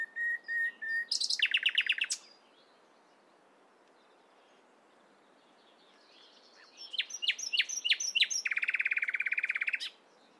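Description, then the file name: Common nightingale song: level whistled notes leading into a buzzy burst, silence, then a varied phrase of sharp notes and a rapid rattling trill. "Luscinia megarhynchos"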